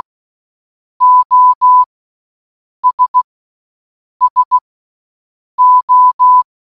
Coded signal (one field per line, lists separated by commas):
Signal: Morse code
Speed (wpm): 16 wpm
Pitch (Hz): 1000 Hz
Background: none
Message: OS SO